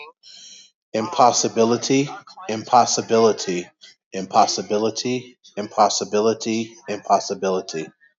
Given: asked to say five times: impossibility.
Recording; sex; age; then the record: repeated word; male; 30 to 39 years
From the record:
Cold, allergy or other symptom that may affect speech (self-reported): no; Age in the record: 34 years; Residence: Colorado, United States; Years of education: 16